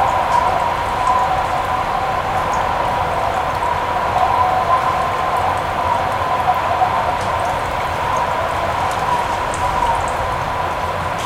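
Cold winter wind blows as a steady, dense hiss with a low rumble underneath, holding an even level throughout without gusts or pauses. A faint brighter band sits in the middle range, and light tapping, crackling specks scatter through it like fine ice or grit.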